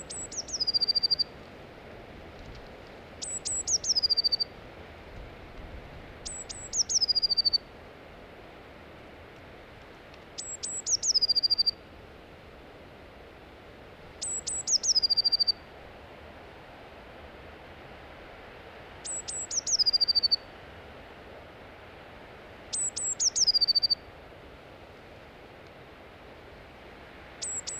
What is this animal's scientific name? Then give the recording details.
Cyanistes caeruleus. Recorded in the wild. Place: Remscheid, Nordrhein-Westfalen, DE. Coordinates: 51.16, 7.15. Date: 1995-03-18. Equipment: Sony WM-D6C. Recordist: Skiba, Reinald. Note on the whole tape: Reinshagen